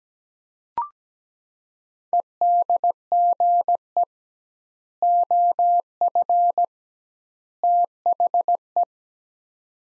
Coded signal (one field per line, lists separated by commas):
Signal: Morse code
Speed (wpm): 17 wpm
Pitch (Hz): 700 Hz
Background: none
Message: EDGE OF THE